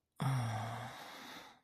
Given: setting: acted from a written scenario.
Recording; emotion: vocal sound without words; ecstasy